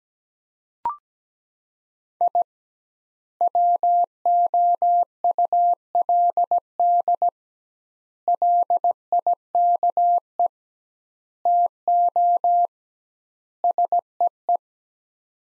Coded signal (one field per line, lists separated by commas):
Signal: Morse code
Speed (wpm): 17 wpm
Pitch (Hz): 700 Hz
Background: none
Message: I WOULD LIKE TO SEE